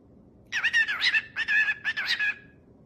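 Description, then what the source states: Cockatiel squawking: a few harsh, wavering screeches in quick succession over a low background hiss. Several cockatiels singing with whistles.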